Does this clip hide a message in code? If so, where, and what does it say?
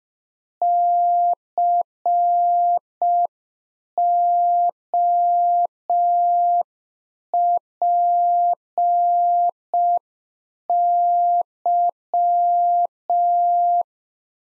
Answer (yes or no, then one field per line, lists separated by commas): yes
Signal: Morse code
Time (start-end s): 0.6-13.8 s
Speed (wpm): 5 wpm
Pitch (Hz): 700 Hz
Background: none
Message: COPY